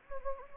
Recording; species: mosquito wingbeat signal from an infrared sensor; Anopheles gambiae